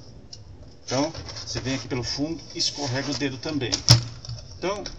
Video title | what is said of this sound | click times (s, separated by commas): COMO TROCAR TELA DE NOTEBOOK SANSUNG ,RV 420 RV 419 RV 415 RV 411 VIDEO 483 | você vem e trava aqui ó tá vendo Então | 0.3 s